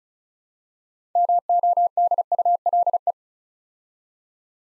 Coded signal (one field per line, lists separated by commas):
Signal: Morse code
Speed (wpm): 36 wpm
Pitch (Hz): 700 Hz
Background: none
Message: MODULE